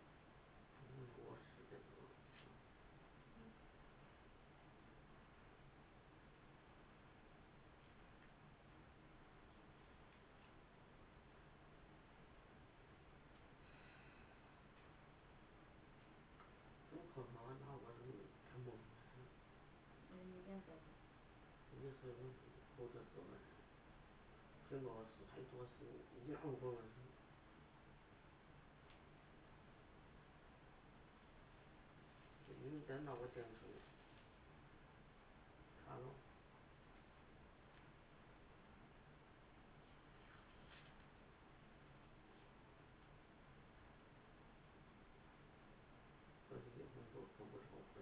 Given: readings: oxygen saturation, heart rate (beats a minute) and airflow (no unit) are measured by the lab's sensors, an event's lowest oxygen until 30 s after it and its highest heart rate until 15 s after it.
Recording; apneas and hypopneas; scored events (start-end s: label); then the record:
a person awake in a sleep study, by a voice recorder at the bedside; none
0.00-48.02 s: awake
0.00-48.02 s: awake
From the record:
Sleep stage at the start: awake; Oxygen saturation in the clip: 93 to 95%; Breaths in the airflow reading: 15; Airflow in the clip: -0.7 to 0.8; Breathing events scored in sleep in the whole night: 328 in 6.3 hours asleep